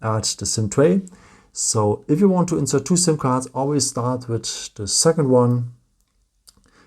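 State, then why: Seated. Someone talks while a second nano SIM card is pressed into the rear slot of a Samsung Galaxy A36 5G's dual SIM tray, inserted first because the first card falls out when the tray is turned. After the speech stops, a small sharp click at 6.5 s marks the card seating in the slot, followed by a few faint ticks.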